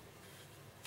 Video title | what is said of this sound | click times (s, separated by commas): Installing Pentium 4 into 478 socket | now your cpu is locked into place let's | 0.8 s